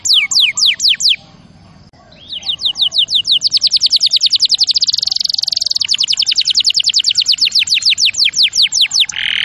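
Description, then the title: Canary song opening with sharp falling notes, a short pause, then a long trill of clipped notes ending in a buzzy churr. Champion canary song used as a master recording for training other birds. "Masteran Kenari Juara"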